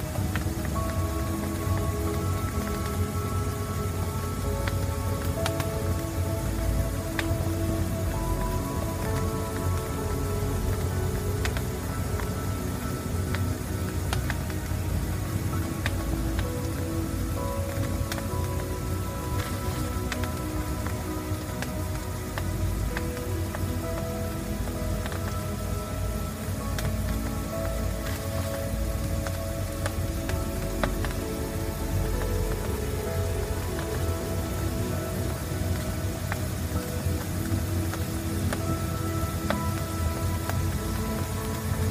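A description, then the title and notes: A fireplace crackles and hisses steadily under soft, sustained meditation music, with long held tones layered in the low and middle range. Dense small pops and snaps run throughout, occasionally sharper, at an even level for the full length without pause. Peaceful Fireplace with Meditation Music. Ambient nature sounds.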